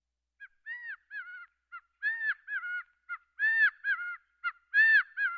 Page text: Gambels Quail. Quick Sounds